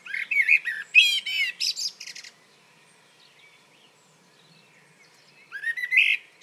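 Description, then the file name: Common blackbird song: a rich warbled phrase with high twittering flourishes, a few seconds of quiet, then another fluty phrase begins. "Turdus merula"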